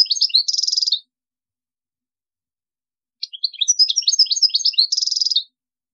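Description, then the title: European goldfinch song: a brief burst of high twittering notes ending in a buzzy trill, then after a pause a longer tinkling phrase closing with the same buzz. "Chant Chardonneret"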